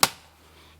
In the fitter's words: then when you want to use it again you pop it up you hear that click